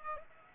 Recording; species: mosquito wingbeat signal from an infrared sensor; Aedes aegypti